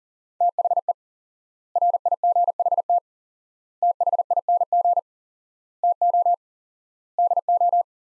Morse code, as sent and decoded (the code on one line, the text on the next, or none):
- .... . / .-. .. --. .... - / - .... .. -. --. / - --- / -.. ---
THE RIGHT THING TO DO